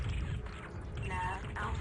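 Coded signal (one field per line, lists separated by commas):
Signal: none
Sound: game cockpit beeps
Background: speech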